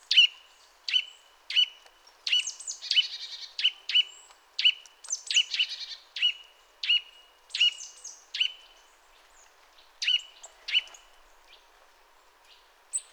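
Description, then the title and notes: Eurasian nuthatch calling with short, sharp notes at an uneven pace, some in quick doubles, with fainter chattering between them. Resident bird becoming vocal during mild winter weather after being discreet; contact calls followed by song in sequence; species commonly found in forests, parks and small woods. "Sonothèque naturophonia. La Sittelle torche-pot (Sitta europaea)"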